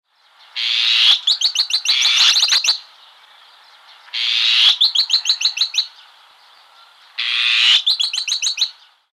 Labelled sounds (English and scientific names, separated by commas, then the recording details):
Azure-winged Magpie (Cyanopica cyanus)
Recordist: Tembrock, Günter
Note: Rufreihen